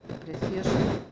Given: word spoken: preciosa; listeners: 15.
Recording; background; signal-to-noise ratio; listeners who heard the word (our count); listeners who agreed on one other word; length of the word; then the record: one Spanish word in noise, from a listening test; noise modulated by one talker; -10.2 dB; 0 of 15; 15 of 15; 0.72 s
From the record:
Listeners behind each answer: 15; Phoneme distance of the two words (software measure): 10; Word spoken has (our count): 3 syllables, 8 phonemes, stress on syllable 2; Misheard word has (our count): 3 syllables, 8 phonemes, stress on syllable 2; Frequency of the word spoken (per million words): 7.70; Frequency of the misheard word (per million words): 8.79